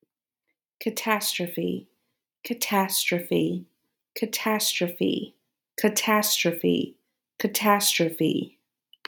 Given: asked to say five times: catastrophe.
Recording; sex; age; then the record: repeated word; female; 30 to 39 years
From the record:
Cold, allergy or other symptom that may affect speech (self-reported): no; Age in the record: 31 years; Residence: United States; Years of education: 18